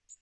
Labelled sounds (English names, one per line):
Magnolia Warbler flight call